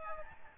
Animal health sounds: mosquito wingbeat signal from an infrared sensor; Aedes albopictus

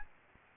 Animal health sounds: mosquito wingbeat signal from an infrared sensor; Aedes albopictus

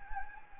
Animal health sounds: mosquito wingbeat signal from an infrared sensor; Anopheles gambiae

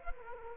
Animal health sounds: mosquito wingbeat signal from an infrared sensor; Culex quinquefasciatus

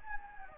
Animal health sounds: mosquito wingbeat signal from an infrared sensor; Anopheles gambiae

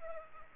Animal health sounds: mosquito wingbeat signal from an infrared sensor; Culex pipiens

